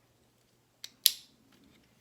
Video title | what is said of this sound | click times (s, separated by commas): Titans Return Hardhead Transformers Toy Review | sure you hear a click so that means that they've tabbed in | 1.1 s